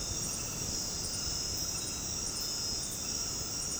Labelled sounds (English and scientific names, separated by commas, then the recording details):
none
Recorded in dense forest near Puerto Asís, Putumayo, Colombia, on 19 February 2024 at 23:30
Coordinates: 0.486, -76.316
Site G6437